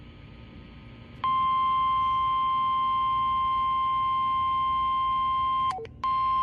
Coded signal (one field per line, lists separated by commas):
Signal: Emergency Alert System (SAME) tones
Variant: 1050 Hz attention tone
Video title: Georgia "Spring" Severe Weather Drill 2022 | EAS #1103-1107